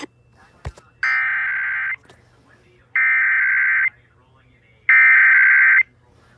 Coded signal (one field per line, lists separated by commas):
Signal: Emergency Alert System (SAME) tones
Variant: header bursts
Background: speech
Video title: Missouri Required Monthly Test 4/20/21 [EAS #578 - #580]